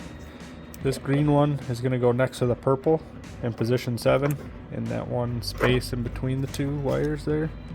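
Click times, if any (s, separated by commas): none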